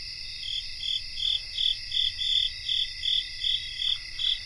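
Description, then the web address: Crickets chorusing, crisp chirps pulsing evenly almost three times a second above a continuous shrill background trill. Cricket chorus recorded in North America. "Nature Songs N America Songs of Insects 77-Cricket chorus"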